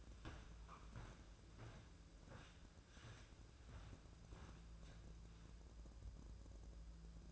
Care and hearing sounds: daily activity, microphone in the room; walk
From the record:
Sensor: 2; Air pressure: 1005.2 hPa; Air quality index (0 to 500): 98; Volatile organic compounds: 2 ppm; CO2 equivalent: 1193 ppm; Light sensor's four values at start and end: 8/20/8/8 and 8/20/8/8

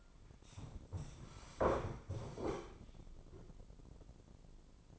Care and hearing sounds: daily activity, microphone in the room; sit down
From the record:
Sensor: 5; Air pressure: 996.1 hPa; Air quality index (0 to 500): 246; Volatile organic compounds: 482 ppm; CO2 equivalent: 4795 ppm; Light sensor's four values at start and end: 172/411/174/191 and 172/411/174/191

